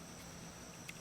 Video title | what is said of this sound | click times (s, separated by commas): 1/6th scale vintage Dragon DX07 Expo exclusive 75mm US M1A1 Pack Howitzer review | That point here, these hooks pivot upward and click into place. | 0.9 s